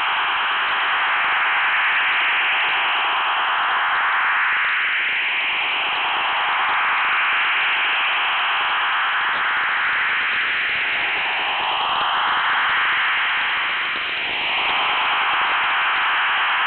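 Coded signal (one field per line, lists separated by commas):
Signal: HF data modem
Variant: STANAG 4285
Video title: [One Beep, Two Beeps] Beeping Stop & Switching to STANAG 4285; 2. August 2020, 15:50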